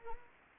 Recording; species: mosquito wingbeat signal from an infrared sensor; Anopheles arabiensis